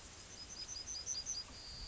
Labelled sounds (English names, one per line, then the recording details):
Yellowhammer song
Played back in grassland
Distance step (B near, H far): F
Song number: 108